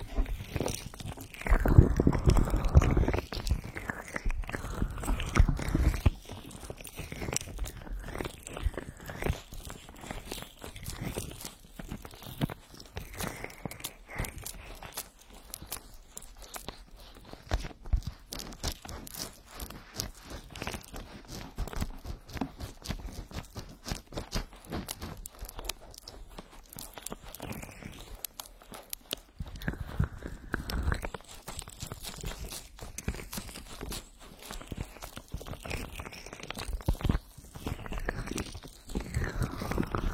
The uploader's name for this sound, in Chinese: 精油揉搓耳朵